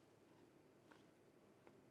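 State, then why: Not seated. A small gas cartridge, already punctured by the needle, sits in a kitchen gadget's cartridge holder, where it rests without wobbling. Against a quiet, steady background, two faint, very brief ticks are heard at about 0.9 and 1.7 seconds. The cartridge has not clicked into place.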